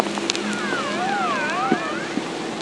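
Whale call: a tonal moan with harmonics in a wavy contour, rising, dipping and rising again, over steady water noise.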